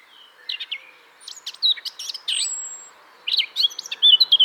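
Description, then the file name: Eurasian blackcap: songbird delivering short broken bursts of scratchy chirps and whistled notes over a faint hiss, with a thin drawn-out whistle near the middle. "Sylvia atricapilla"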